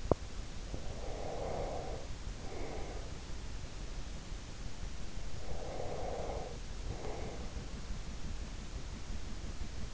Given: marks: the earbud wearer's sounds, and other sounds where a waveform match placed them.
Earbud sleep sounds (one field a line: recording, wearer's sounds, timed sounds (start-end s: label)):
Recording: sounds in sleep by an in-ear microphone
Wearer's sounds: teeth grinding, breath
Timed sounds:
0.00-0.25 s: teeth grinding
0.68-3.33 s: breath
5.34-7.65 s: breath